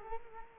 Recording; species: mosquito wingbeat signal from an infrared sensor; Culex quinquefasciatus